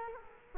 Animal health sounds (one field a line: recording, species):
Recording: mosquito wingbeat signal from an infrared sensor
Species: Culex quinquefasciatus